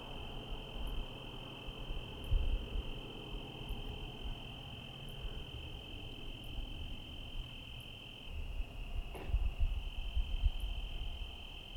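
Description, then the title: Cricket keeps up a constant high trill, with a sharp click, regular faint ticks and low rain and traffic rumble. Night ambience in Trinity County, California, USA, on 17/10/25 around 05:06, with rain and cars; recorded on a Zoom H1 with internal XY mics. "Trinity County, Californie, États-Unis d'Amérique - 17_10_25_05_06 grillons nuit voitures PLUIE"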